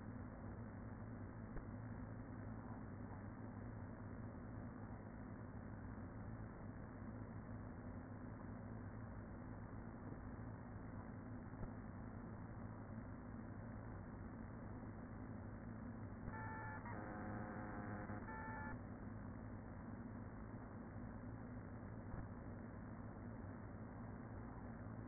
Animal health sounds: honeybee colony, microphone inside the hive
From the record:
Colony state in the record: queen present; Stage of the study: after two queens were removed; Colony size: about 40,000 bees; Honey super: no

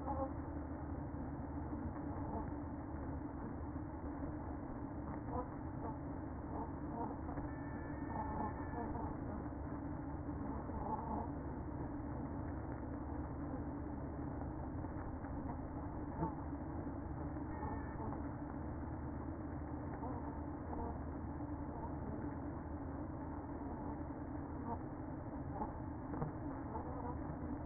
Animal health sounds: honeybee colony, microphone inside the hive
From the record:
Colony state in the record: queen present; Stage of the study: after two queens were removed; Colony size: about 60,000 bees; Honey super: yes

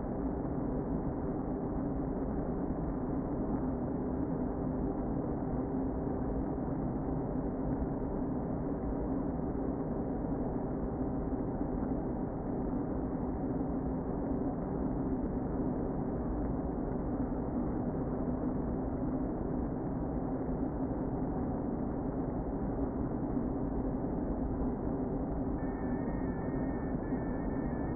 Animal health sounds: honeybee colony, microphone inside the hive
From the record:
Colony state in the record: queen present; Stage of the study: before two queens were removed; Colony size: about 60,000 bees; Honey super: yes

